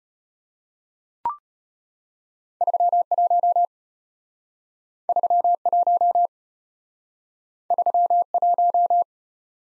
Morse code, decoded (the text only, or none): 31 31 31